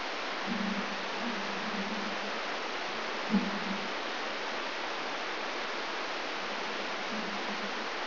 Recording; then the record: brain microelectrode recording played as sound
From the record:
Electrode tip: outside the subthalamic nucleus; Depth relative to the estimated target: 2 mm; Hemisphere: left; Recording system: AlphaMap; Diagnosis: Parkinson's disease